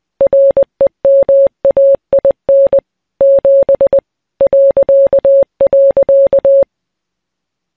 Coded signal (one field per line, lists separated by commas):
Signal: Morse code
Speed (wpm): 20 wpm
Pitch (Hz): 550 Hz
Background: none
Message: REMAIN 7 ..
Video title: Morse Code | Encrypted Messages